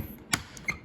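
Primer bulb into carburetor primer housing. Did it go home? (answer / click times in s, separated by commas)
yes / 0.3 s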